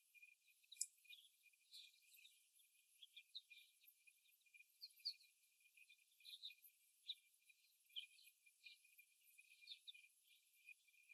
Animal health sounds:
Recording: young laying hens in a cage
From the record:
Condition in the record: before the stressor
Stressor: simulated dog barking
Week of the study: 1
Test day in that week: 1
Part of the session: 3

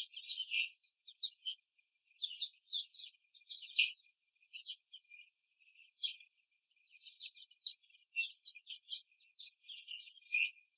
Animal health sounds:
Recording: young laying hens in a cage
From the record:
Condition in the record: before the stressor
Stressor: simulated dog barking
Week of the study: 3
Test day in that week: 1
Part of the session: 1

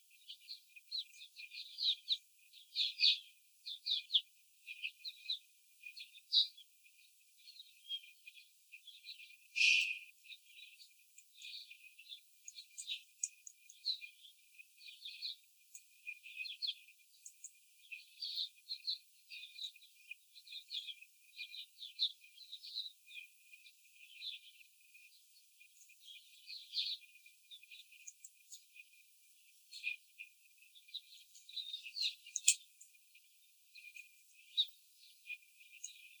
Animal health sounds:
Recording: young laying hens in a cage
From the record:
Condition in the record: after the stressor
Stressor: simulated dog barking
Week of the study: 4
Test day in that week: 2

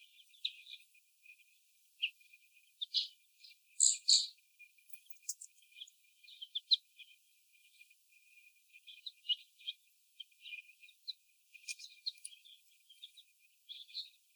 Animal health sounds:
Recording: young laying hens in a cage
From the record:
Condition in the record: before the stressor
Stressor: sudden umbrella opening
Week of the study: 1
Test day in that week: 1

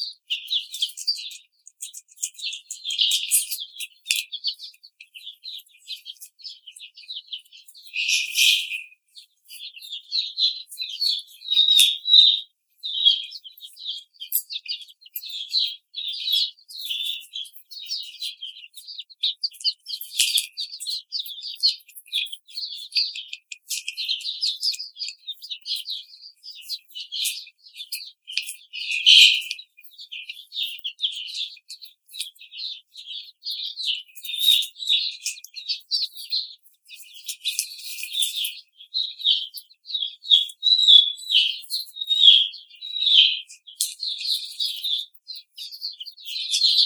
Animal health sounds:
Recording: young laying hens in a cage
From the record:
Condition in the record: treatment cage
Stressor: simulated dog barking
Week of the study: 5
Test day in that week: 1

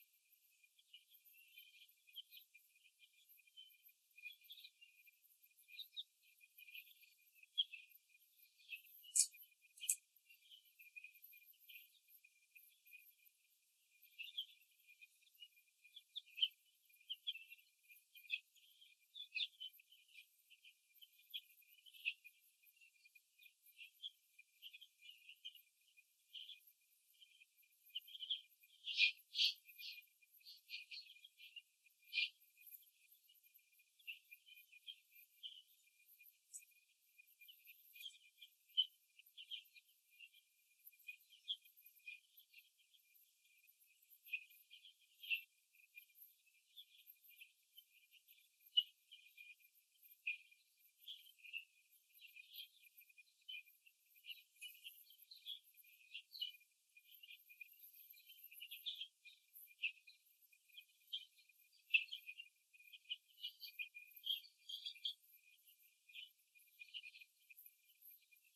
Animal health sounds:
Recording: young laying hens in a cage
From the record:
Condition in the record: before the stressor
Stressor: simulated dog barking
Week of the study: 2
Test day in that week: 3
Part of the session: 3

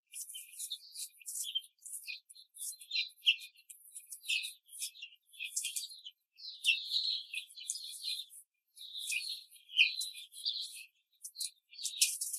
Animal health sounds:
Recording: young laying hens in a cage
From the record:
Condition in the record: control cage, before the stress test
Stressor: none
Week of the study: 4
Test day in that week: 3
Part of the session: 2

